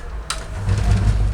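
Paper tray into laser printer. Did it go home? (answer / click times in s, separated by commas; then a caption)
no / none. A paper tray is pushed into an HP LaserJet P2055DN laser printer, giving a sharp knock at about 0.3 s followed by a low, steady rumble that grows louder. The tray is the wrong fit and does not go in, so nothing has seated or clicked yet.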